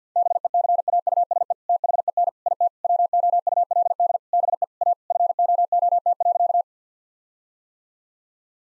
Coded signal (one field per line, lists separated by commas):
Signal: Morse code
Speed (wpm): 50 wpm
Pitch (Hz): 700 Hz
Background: none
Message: BECAUSE THEN IT WOULD BE A FOOT.